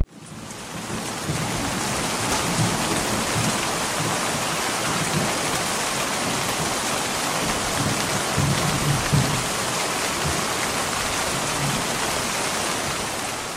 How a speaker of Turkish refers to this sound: Önce isterseniz bir şöyle güzel sert bir yağmur sesini duyalım.